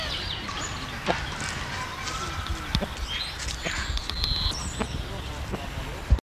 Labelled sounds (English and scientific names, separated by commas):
Maleo (Macrocephalon maleo) call